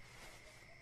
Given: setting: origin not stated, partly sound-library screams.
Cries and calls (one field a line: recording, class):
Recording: one-second piece from a danger detection set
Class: normal situation